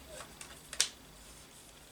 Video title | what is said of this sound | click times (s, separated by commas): Tamiya TT01E Build Parts Bag A Part Two | it simply clicks into place there like so | 0.8 s